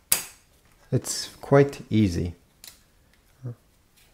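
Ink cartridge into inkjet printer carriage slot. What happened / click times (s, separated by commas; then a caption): The cartridge snapped into its slot / 0.1 s. A plastic ink cartridge is glided into its carriage slot in an Epson XP-7100 inkjet printer and pushed down. A single sharp click is heard at 0.1 s as the cartridge snaps home and is seated, and then someone talks.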